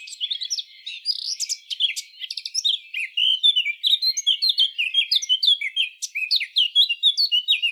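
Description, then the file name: Eurasian blackcap delivering continuous loud warbling, a rapid mix of clear whistles, trills and scratchy notes that runs without pause throughout. "Sylvia atricapilla"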